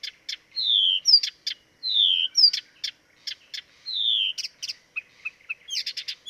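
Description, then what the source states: Blyth's reed warbler song: drawn-out downslurred whistles alternating with sharp ticks, ending in a quicker, chattering flourish. Recorded at Dviete.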